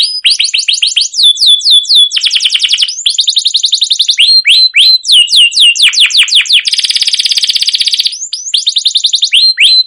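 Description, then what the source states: Canary song, continuous and varied: rolling trills alternate with repeated down-slurred whistles and a harsh buzzy section. Canary giving a long, energetic rolling chirping song (masteran) used to prompt other canaries to sing.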